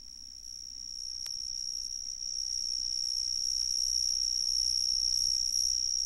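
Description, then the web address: Cicada song: a piercing, even buzz that swells from softer to louder and then holds steady, with a faint low hum behind. "The Ridges Sanctuary. cicadas"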